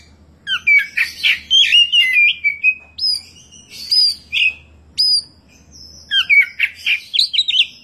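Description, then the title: Oriental magpie-robin singing loud, varied whistled phrases with upslurred notes and scratchy chatter, in several bursts over about eight seconds. "Kacer"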